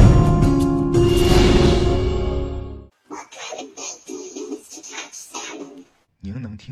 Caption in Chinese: 这个就是我戴上人工耳蜗之后所听到的声音。 我自己就是一名极重度的听障人士。 这 个声音就是模拟我平常所听到的声音的感觉，它其实是很模糊的。 我 在十一岁之前，我的听力情况是正常的。